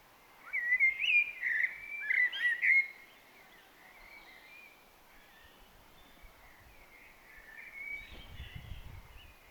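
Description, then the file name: Eurasian blackbird song: a loud fluty, warbling phrase of slurred whistles for about two seconds, followed by quieter, softer warbling and a low rumble near the end. "Turdus merula"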